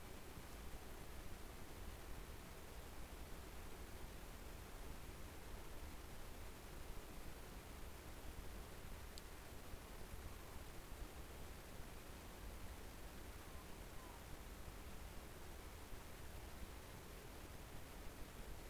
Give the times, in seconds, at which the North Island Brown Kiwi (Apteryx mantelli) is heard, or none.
none